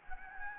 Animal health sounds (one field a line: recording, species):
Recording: mosquito wingbeat signal from an infrared sensor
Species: Anopheles gambiae